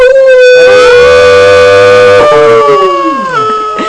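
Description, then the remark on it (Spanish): On the program Venus versus Marte, a human voice imitates a wolf howl: one long, loud, sustained tone with rich harmonics, holding steady then wavering and sliding downward near the end, with no other talking. “Cada vez tus aullidos son más con ayuda de”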